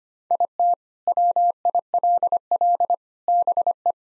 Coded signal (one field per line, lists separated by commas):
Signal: Morse code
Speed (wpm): 25 wpm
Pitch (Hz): 700 Hz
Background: none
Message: IT WILL BE